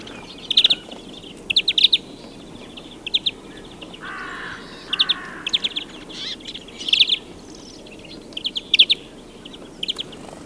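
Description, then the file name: European greenfinch twittering in quick high chip bursts, with a short buzzy lower sound midway and steady low background noise. "Chloris chloris"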